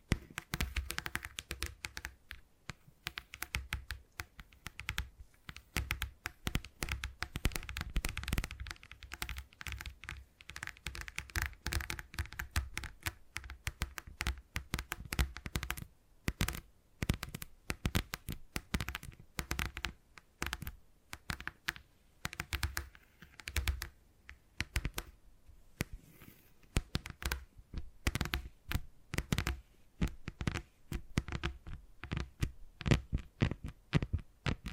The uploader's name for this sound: Brain Tingly Tapping Sounds